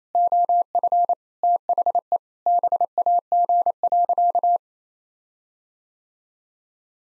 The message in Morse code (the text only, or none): OF THE BAG.